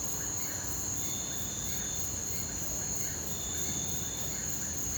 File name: Ambiencia rural a noite gravacao dentro de casa grilos fortes cigarras sapos cachorro longe